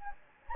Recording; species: mosquito wingbeat signal from an infrared sensor; Anopheles gambiae